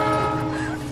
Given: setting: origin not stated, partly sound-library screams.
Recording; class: one-second piece from a danger detection set; normal situation